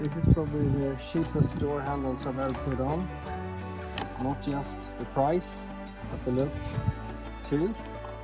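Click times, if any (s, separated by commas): none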